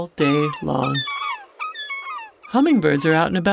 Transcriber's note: Glaucous-winged Gull ruckus